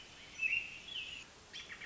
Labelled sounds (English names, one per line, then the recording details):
American Robin
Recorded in Sonoma County, California